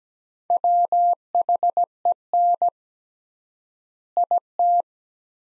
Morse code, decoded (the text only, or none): WHEN IT